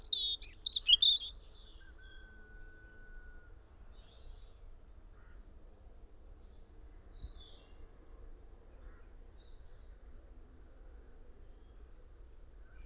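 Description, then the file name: European robin's brief, high, jumbled twitter opening, followed by faint scattered thin notes over soft background noise. "Erithacus rubecula"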